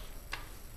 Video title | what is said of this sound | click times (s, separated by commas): Dboys Mk12 MOD0 Airsoft AEG Review - Part 1 | closing uh the ejection Port is easy as well you just push in until you hear a click | 0.3 s